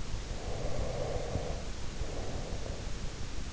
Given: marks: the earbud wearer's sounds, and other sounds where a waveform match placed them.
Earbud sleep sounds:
sounds in sleep by an in-ear microphone; breath
0.12-3.44 s: breath

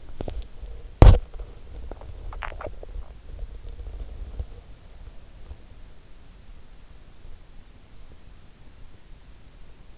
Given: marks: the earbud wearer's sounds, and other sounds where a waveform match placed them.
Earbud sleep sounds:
sounds in sleep by an in-ear microphone; swallowing
0.00-4.61 s: swallowing

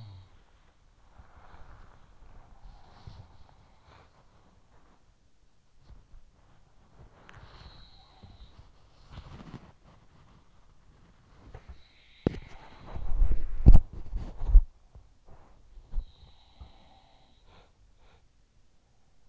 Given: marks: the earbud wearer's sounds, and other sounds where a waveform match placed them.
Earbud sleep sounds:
sounds in sleep by an in-ear microphone; body movement
0.00-19.29 s: body movement
2.55-5.17 s: sound from someone else or the room
7.18-9.79 s: sound from someone else or the room
11.44-14.00 s: sound from someone else or the room
15.82-18.20 s: sound from someone else or the room

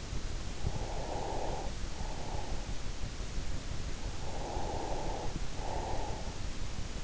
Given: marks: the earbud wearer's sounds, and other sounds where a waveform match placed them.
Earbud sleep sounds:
sounds in sleep by an in-ear microphone; breath
0.21-2.81 s: breath
3.98-6.58 s: breath

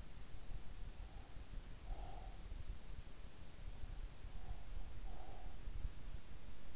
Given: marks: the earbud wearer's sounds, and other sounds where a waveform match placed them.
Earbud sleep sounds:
sounds in sleep by an in-ear microphone; breath
0.63-2.71 s: breath
3.95-5.91 s: breath

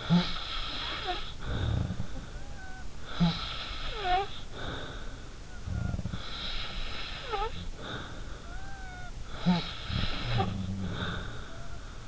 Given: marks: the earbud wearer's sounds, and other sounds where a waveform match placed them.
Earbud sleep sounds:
sounds in sleep by an in-ear microphone; snoring breath
0.00-2.84 s: snoring breath
1.16-2.84 s: sound from someone else or the room
3.05-5.96 s: snoring breath
5.50-7.06 s: sound from someone else or the room
6.04-9.16 s: snoring breath
9.28-12.08 s: snoring breath
9.82-11.35 s: sound from someone else or the room

